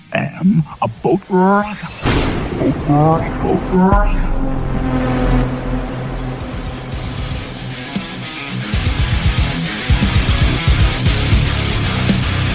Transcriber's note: instrumental heavy metal music plays; thunder crashes